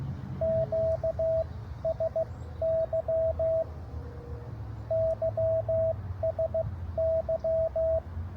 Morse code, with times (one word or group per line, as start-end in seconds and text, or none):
0.4-3.6 QSY
4.9-8.0 YSY